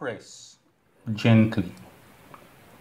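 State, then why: Seated. A new CR2032 coin cell battery is pressed gently into the motherboard CMOS battery socket while someone talks. The metal retaining clip snaps over it with a small, faint click at 2.3 seconds, and the battery is seated.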